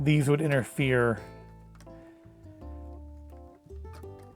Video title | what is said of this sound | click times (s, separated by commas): Let's Build LEGO Star Wars Jedi Bob's Starfighter (Kit 75388) | He fits in the spot perfectly, but he does not he doesn't lock down. | none